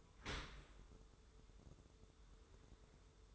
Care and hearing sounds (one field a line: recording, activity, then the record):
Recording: daily activity, microphone in the room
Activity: open dishwasher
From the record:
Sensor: 3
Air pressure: 1014.9 hPa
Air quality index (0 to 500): 41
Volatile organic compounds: 1 ppm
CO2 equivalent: 598 ppm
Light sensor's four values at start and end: 12/27/11/11 and 12/27/11/11